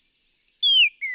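Northern cardinal song: after half a second of silence, three clear downslurred whistles, a short high one, a long loud falling one, then a briefer one.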